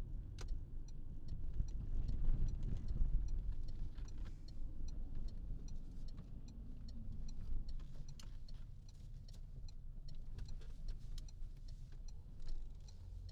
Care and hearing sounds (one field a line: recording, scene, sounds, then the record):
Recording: everyday scene through a hearing-aid microphone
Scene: in a vehicle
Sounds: engine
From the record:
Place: Berlingo II, diesel engine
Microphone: in the ear canal, left